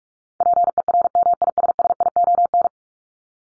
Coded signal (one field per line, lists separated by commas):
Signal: Morse code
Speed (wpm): 44 wpm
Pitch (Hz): 700 Hz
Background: none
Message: PERMISSION